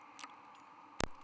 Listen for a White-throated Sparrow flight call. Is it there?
no